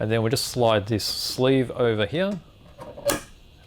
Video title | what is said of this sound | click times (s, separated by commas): GodHand ゴッドハンド - Mega Magnifying Glass Review | and that's locked into place | 3.1 s